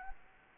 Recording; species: mosquito wingbeat signal from an infrared sensor; Anopheles gambiae